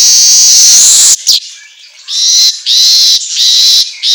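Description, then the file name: Asian golden weaver song of loud, sizzling buzzes in quick succession, separated by brief gaps and a few short notes. Auto gacor recording for training songbirds. "Suara Kicau Manyar Kepala Emas Auto Gacor"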